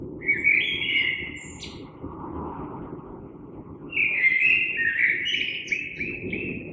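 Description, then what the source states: Common blackbird singing two fluted phrases, the first ending in thin twittering, with a steady low hum of background noise between them. Recorded 3 March 2020.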